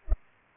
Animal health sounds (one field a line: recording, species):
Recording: mosquito wingbeat signal from an infrared sensor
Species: Culex pipiens